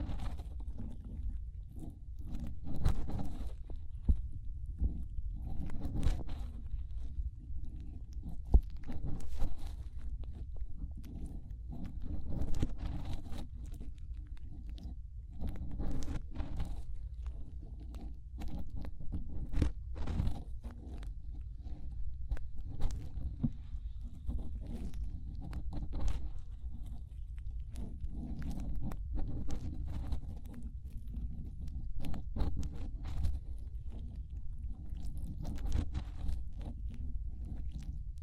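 Fingers rub and scrape inside an ear, a steady low muffled rumble broken by frequent crackly, crunchy scratches at irregular moments throughout.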